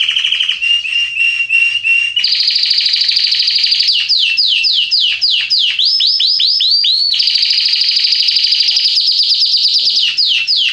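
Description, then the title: Red Belgian canary pouring out rapid trills, a series of swooping descending notes and long buzzy rolls in an unbroken energetic song. Red-colored Belgian canary, singing. "Canário Belga Vermelho Cantando"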